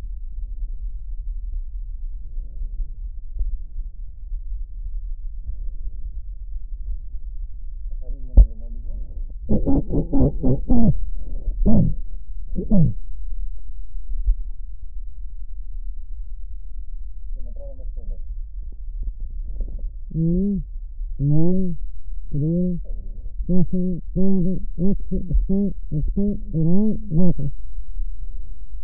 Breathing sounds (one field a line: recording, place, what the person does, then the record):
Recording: lung sounds by stethoscope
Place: left anterior apical chest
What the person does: quiet breathing, then cough and speech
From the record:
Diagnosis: pulmonary infection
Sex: female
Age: 74 years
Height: 160 cm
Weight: 66 kg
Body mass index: 25.8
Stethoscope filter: extended mode